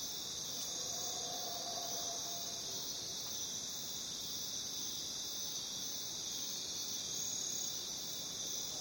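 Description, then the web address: Crickets sing a steady, dense, high buzzing chorus, with a faint lower tone near the start. Crickets in a jungle. "the-sound-pack-tree -jungle crickets"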